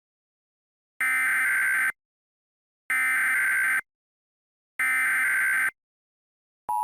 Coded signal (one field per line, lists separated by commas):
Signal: Emergency Alert System (SAME) tones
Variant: header bursts